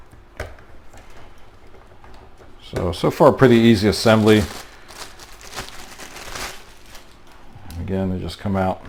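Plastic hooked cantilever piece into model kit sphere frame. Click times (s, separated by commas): 0.4 s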